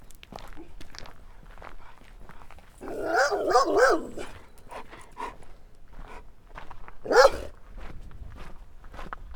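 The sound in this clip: Dog barking in a quick burst of rough, harmonic barks, then one more sharp bark a few seconds later, with footsteps shuffling throughout.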